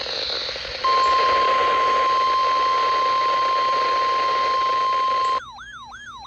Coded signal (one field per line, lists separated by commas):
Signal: Emergency Alert System (SAME) tones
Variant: 1050 Hz attention tone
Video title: EAS Alerts From 7/12/25: A Compilation (EAS 909-917)